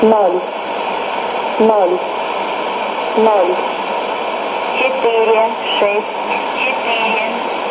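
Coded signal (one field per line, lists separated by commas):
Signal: numbers station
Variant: S06s, Russian female voice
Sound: about five short spoken words, evenly spaced, over steady radio hiss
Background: radio static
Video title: 31 05 2017 Numbers station S06s Russian Lady in Russian to Eu 0832 on 11565 unknown tx site in CUSB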